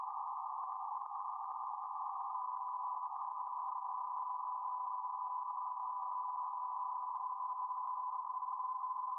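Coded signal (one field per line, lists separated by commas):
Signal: PSK31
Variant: BPSK31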